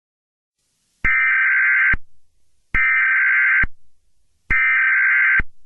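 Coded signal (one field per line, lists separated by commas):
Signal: Emergency Alert System (SAME) tones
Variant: header bursts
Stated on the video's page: Fictional EAS scenario.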